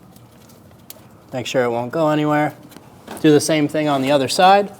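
The plastic locking tab on a bumper light connector on a 2016-2025 Chevrolet Malibu 1.5L L4 is pushed down, snapping at 0.9 s to secure the connector during an AC condenser and receiver drier assembly replacement. Someone then talks, and the connector position lock is seated.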